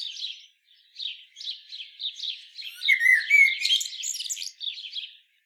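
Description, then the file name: Common blackbird giving a string of soft chuckling warbles, then a louder flourish of squeaky high notes and whistles before falling quiet. "Turdus merula"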